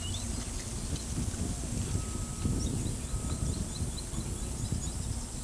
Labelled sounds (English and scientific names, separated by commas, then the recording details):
Carib Grackle (Quiscalus lugubris)
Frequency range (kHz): Carib Grackle (Quiscalus lugubris) 2.8-7.1 kHz
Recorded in pastures near Pivijay, Magdalena, Colombia, on 2 June 2023 at 15:30
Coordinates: 10.456, -74.369
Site P6-G026